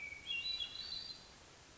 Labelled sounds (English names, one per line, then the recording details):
Hermit Thrush
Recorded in Sonoma County, California